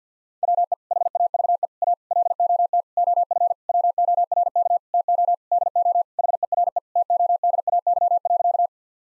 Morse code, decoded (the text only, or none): WE HAVE A LOT OF WORK TO DO HERE TODAY.